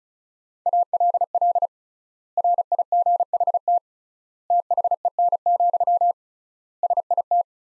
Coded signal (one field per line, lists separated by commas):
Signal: Morse code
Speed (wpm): 34 wpm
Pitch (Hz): 700 Hz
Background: none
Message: ALL RIGHT THEN, SIT